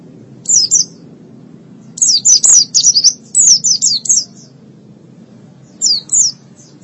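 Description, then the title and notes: White-eye song in several brief bursts of quick, high, descending chirps separated by short silences, a quiet hum in the background. "Suara kicauan burung pleci"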